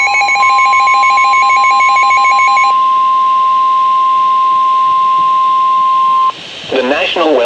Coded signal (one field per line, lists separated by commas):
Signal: Emergency Alert System (SAME) tones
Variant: 1050 Hz attention tone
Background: speech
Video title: TAE Special Marine Warning | [EAS #360] | 7/17/26